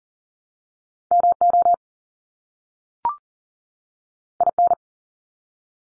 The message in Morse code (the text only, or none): MO IN